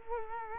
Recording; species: mosquito wingbeat signal from an infrared sensor; Culex quinquefasciatus